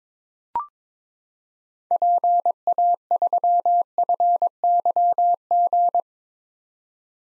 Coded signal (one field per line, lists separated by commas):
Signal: Morse code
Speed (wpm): 22 wpm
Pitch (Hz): 700 Hz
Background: none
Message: PA3FYG